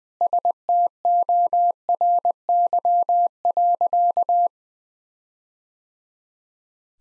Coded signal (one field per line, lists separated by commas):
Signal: Morse code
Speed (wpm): 20 wpm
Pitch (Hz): 700 Hz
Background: none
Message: STORY.